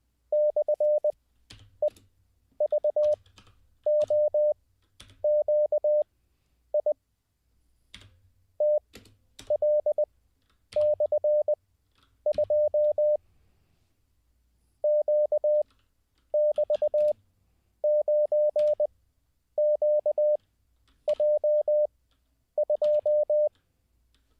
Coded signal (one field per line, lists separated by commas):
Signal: Morse code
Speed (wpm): 20 wpm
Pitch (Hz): 600 Hz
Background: none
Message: /EVOQI TL/2 Q<BT>9QJ2